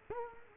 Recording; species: mosquito wingbeat signal from an infrared sensor; Culex quinquefasciatus